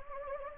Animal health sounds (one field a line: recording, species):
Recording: mosquito wingbeat signal from an infrared sensor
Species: Anopheles gambiae